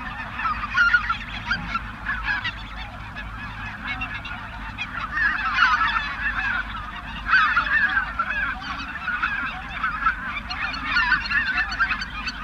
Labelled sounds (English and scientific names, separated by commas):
Greater White-fronted Goose (Anser albifrons) call